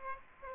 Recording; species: mosquito wingbeat signal from an infrared sensor; Aedes aegypti